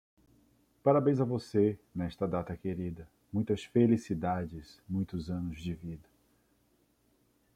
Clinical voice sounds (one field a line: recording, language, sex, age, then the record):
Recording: short text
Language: Brazilian Portuguese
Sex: male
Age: 30 to 39 years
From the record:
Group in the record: control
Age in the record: 35 years